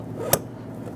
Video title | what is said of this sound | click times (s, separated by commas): How to Replace Rear Door Lock Actuators 2011-2019 Ford Explorer | and hear INF feel it snap into place | 0.3 s